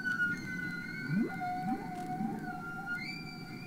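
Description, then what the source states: Humpback whale song, brief stretch of low rising moans beneath long held tonal notes that shift pitch toward the end. Played back from a record, the 1970 humpback whale song album.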